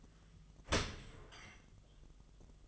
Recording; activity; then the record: daily activity, microphone in the room; open dishwasher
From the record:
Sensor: 4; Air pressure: 1005.5 hPa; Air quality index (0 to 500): 110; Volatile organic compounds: 3 ppm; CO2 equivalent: 1374 ppm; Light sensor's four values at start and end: 11/25/10/10 and 11/25/10/10